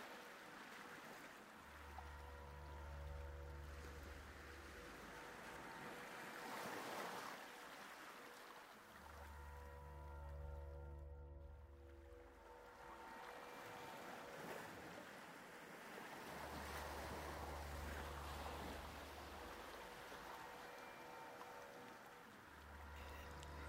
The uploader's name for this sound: Music With Ocean Waves